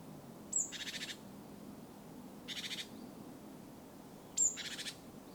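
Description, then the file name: Great tit churring: three dry rattling bursts, two of them introduced by a brief high-pitched note, against steady low noise. "Parus major"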